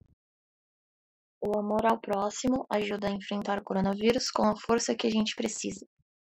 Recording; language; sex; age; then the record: spoken sentence; Brazilian Portuguese; female; 20 to 29 years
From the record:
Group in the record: control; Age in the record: 24 years